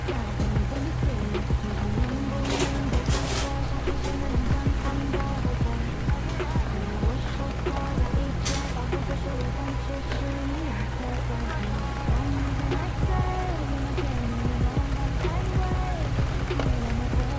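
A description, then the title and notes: Gentle rain patters against tall windows in a steady, dense wash that holds level throughout. Low rumbling and a faint murmur of voices sit underneath, with a few sharp taps standing out near the start and again around eight seconds. Cooking on a Rainy Evening with Jett, Neon and Gekko || VALORANT Ambience. A gentle rain patters against the tall, looming floor-to-ceiling windows of the common area of VALORANT HQ.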